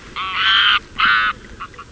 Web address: anser anser call